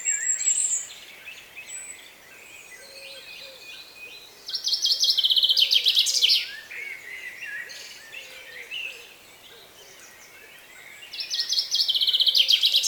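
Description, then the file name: Common chaffinch song, a bright descending rattle of rapid notes ending in a flourish, heard three times several seconds apart, with faint other bird notes between. "Fringilla coelebs"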